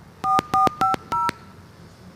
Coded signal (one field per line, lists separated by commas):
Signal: DTMF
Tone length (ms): 190 ms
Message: 4450